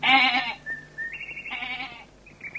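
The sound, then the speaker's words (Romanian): A restless goat bleats twice, each a loud, quavering, nasal cry about half a second long, with a thin high steady tone lingering in the pause between and after the calls. “Ei, fii capră de treabă și nu te mai zbănțui atâta.”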